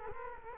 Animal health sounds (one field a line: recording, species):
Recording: mosquito wingbeat signal from an infrared sensor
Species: Culex quinquefasciatus